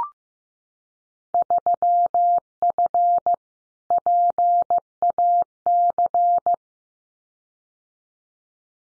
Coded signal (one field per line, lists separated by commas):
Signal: Morse code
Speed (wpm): 15 wpm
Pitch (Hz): 700 Hz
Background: none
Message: 3F PAC